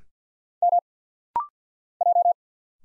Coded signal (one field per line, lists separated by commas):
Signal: Morse code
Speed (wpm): 51 wpm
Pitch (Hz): 700 Hz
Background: none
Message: M J